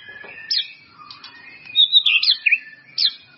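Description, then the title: White-rumped Shama song fragment: a few loud, sharp whistled notes and slurred swoops, some rising and some falling, separated by short pauses. "murai batu"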